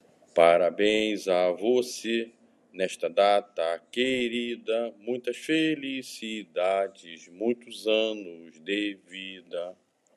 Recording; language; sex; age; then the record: short text; Brazilian Portuguese; male; 60 to 69 years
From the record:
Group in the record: control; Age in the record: 65 years